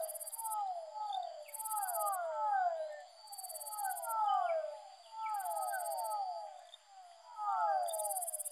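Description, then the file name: Fischer's dwarf frog chorus of overlapping whining calls, each sliding downward, swelling in waves every couple of seconds, with bursts of high insect-like buzzing switching on and off. Soundscape composition built from amphibian vocalizations. "soundscape with amphibian vocalizations of physalaemus fischeri"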